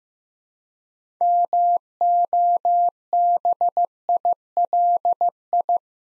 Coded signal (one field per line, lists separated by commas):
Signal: Morse code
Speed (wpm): 15 wpm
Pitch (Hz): 700 Hz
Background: none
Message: MOBILI